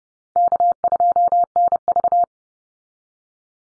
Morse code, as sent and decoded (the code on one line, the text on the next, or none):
-.- ..--- -. ...-
K2NV